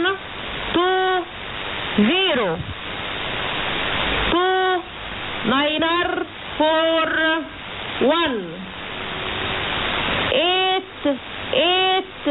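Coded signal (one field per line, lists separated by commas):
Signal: numbers station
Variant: E25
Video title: E25 Number Station 16/08/2017 0745 UTC 6140kHz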